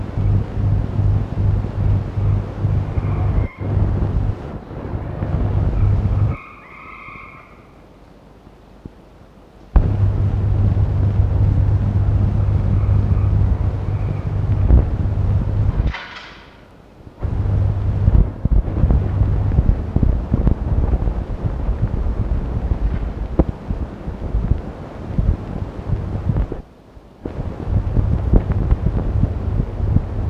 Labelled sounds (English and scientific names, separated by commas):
Red Fox (Vulpes vulpes)